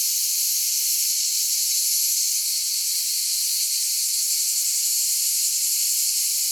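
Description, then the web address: Cicada buzz, high and sizzling, constant and unbroken, with nothing else clearly heard. "cicale"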